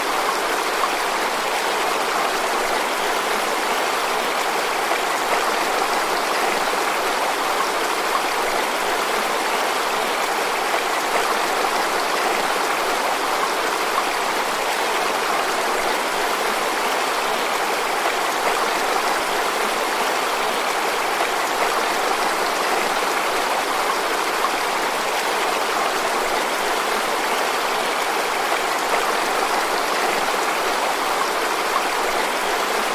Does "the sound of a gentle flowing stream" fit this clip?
yes